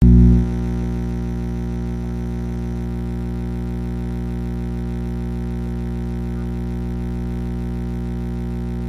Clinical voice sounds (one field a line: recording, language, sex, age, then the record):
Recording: short text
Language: Brazilian Portuguese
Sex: male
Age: 70 to 79 years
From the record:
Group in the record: control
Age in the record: 74 years